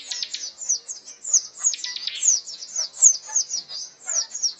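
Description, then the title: Prinia delivering a nonstop stream of high, sharp, slurred chirps and short buzzy notes in rapid succession. Known locally as ciblek gunung; a masteran recording, used to train songbirds, of an energetic, persistently singing bird. "Burung Ciblek Gunung Masteran Gacor Kicau Mania"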